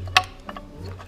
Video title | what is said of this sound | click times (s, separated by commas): COMO TROCAR PASTILHA DE FREIO TRASEIRA CB 650/ HORNET .(PEDRO FELIPE) | Só empurrando, ó. O bagulho encaixa lá, tá vendo? Encaixou certinho, | 0.2 s